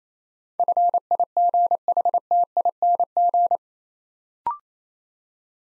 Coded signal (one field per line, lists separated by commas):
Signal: Morse code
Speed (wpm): 29 wpm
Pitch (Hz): 700 Hz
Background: none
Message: FIGHTING